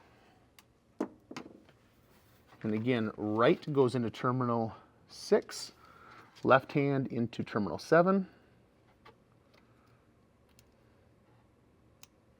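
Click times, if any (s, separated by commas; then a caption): 12.0 s. Someone talks while installing a RAVEK Speakeasy turn signal kit on a Polaris Ranger 1500 XD, pushing the crimped right and left turn wire terminals into cavities six and seven of a plastic connector housing. Faint small taps and handling sounds follow the talk, and a short, sharp little click at 12.0 s marks the terminal seating in the connector.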